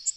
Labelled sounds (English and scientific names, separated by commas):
Tennessee Warbler (Leiothlypis peregrina) flight call